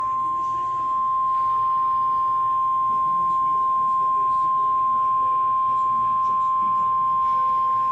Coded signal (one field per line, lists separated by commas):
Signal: Emergency Alert System (SAME) tones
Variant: 1050 Hz attention tone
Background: speech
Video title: (EAS #186) Special Marine Warning